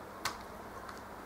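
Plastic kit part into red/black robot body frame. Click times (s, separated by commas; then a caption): 0.3 s. A plastic part from a robot kit, a four-unit black piece joined to a red piece, is pressed home into a red-and-black robot body frame during assembly. A short, sharp click sounds at 0.3 s, followed by a fainter tick near 0.9 s, and the part is seated in place.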